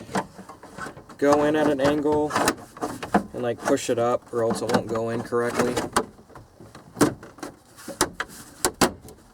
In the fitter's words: And you'll hear snap like that.